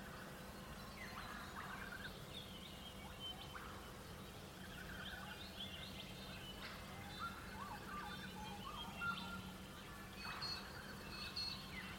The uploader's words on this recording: Sunrise sounds of the Australian countryside near Bellingen, NSW. As the light rises the animals' chatter and connect through sound.